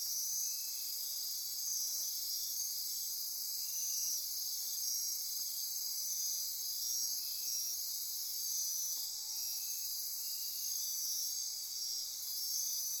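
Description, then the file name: Insect chorus: dense high trilling that never pauses, with intermittent lower buzzy pulses and a few very high faint chirps. Insect chorus at midnight near Corcovado. "Wind-is-the-Original-Radio-Fridays 20240628 Andy-Martin Midnight-Insect-Chorus-Near-Corcovado"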